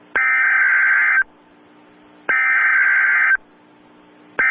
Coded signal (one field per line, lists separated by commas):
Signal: Emergency Alert System (SAME) tones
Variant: header bursts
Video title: EAS Comedy: Evil Jack-O-Lantern Alert